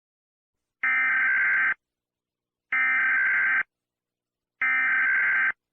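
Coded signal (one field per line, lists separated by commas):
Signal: Emergency Alert System (SAME) tones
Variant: header bursts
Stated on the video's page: Fictional EAS scenario.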